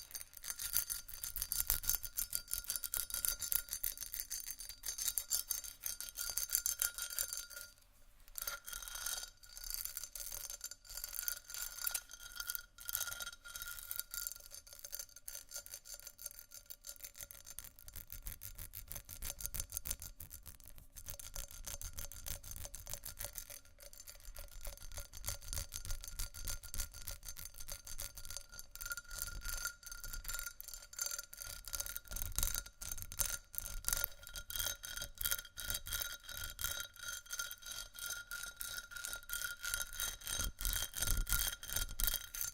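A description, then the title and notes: Glass is scratched and tapped in a dense, continuous run of fine scraping and quick clicks for the full length. Bright, ringing tones hang over the rough texture, and brief pauses near 8 and 24 seconds break an otherwise busy, even rhythm. ASMR Textured Glass Scratching & Tapping（No Talking）.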